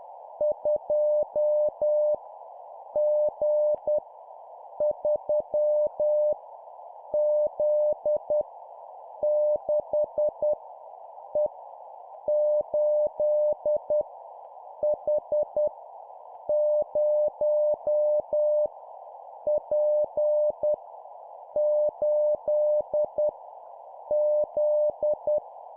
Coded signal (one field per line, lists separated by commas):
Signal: Morse code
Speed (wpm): 10 wpm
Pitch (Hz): 600 Hz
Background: none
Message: 2 G 3 Z 6 E 8 H 0 P 8 Z